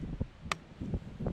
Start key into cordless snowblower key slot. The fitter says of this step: that snaps right in.